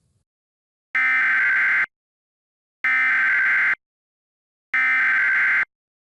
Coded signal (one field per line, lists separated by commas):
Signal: Emergency Alert System (SAME) tones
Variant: header bursts